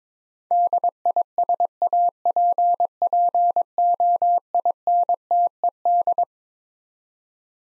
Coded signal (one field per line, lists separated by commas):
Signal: Morse code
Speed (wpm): 22 wpm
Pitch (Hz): 700 Hz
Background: none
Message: DISAPPOINTED